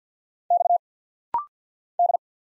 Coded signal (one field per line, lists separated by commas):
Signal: Morse code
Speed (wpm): 48 wpm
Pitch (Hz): 700 Hz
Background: none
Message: X D